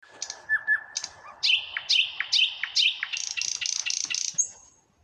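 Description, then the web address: Common nightingale song: a few soft notes swell into rapid repeated ringing notes and a fast rattling trill, ending on a thin high whistle. "rossignol chant du rossignol a zhuravleva"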